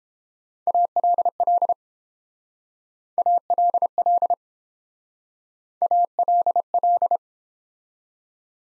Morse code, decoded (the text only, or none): ALL ALL ALL